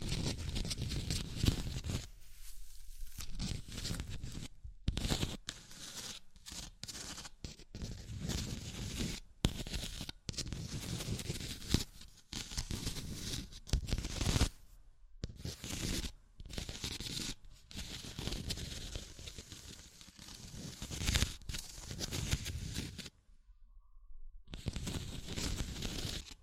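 Tapping, scratching and tracing sounds fill the clip with dense, rough friction that keeps starting and stopping. Abrupt pauses of near silence break it up every second or two, with longer gaps near 3 and 24 seconds. The scratches are bright and papery, with an occasional tearing quality.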